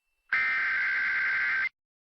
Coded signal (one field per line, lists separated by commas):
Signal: Emergency Alert System (SAME) tones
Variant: header bursts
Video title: eas alarm